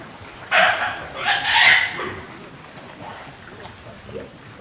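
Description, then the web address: White-lipped peccary giving two harsh, rasping grunts in quick succession early on, then only faint background hiss and a steady high whine. South American rainforest mammal. "Natures Songs S America Mammals of the Rainforest White-lipped peccary"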